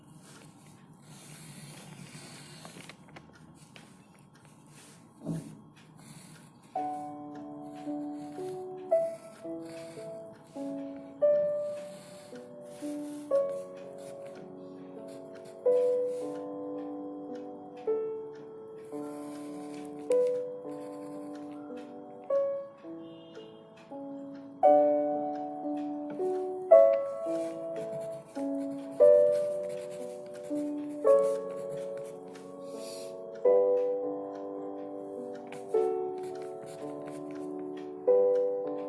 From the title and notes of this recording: Dark academia Study with me in the evening. Pencil ASMR, ticking of the clock and some dark academia music.